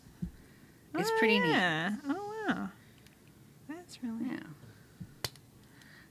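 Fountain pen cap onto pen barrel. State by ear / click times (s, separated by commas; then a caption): seated / 5.2 s. A fountain pen cap is pressed onto the pen barrel and snaps on firmly with a sharp click at 5.3 s, making it a tight, tough cap. Before the click, people talk and react with surprise.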